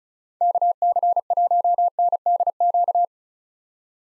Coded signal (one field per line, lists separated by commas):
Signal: Morse code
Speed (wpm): 36 wpm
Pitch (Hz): 700 Hz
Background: none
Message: KC1NDQ